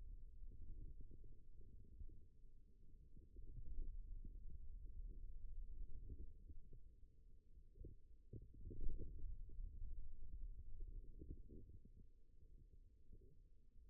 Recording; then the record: forearm muscle sounds (acoustic myography)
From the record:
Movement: radial deviation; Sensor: system 2, bracelet of six BSWA MPA416 microphones around the upper forearm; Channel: 6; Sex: male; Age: 22 years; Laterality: right